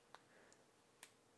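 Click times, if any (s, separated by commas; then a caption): 0.2 s, 1.0 s. A film tongue extractor inserted in a 35mm film canister is used while the spool is turned. Two sharp clicks ring out at 0.2 and 1.0 seconds, with a fainter tick between them over a quiet background. The extractor has caught and seated.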